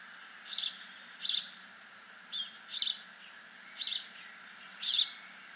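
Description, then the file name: House sparrow chirps, short bright notes repeated roughly once a second, five or six in a row, over a steady faint background hum. "Passer domesticus"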